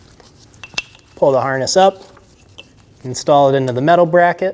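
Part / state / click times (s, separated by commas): plastic harness bracket door in engine bay / seated / 0.8 s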